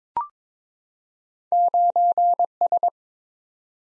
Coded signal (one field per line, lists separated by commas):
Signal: Morse code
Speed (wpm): 22 wpm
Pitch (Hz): 700 Hz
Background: none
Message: 9S